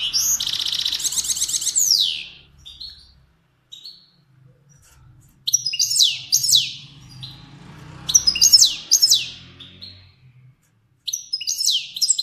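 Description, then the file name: Finch singing quick trills and sharp descending whistled notes over a faint low hum. Kermani finch. "sound finch kermani long"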